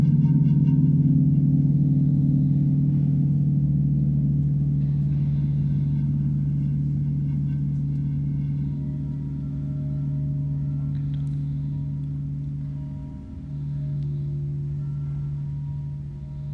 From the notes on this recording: crystal & singing bowls, harmonium, guitar, bells, pan flute, drum, gong, frog, mantra, and singing